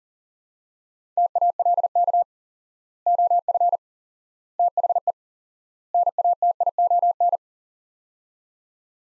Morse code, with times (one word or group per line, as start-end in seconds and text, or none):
1.2-2.2 TALK
3.1-3.8 OF
4.6-5.1 THE
5.9-7.4 NATION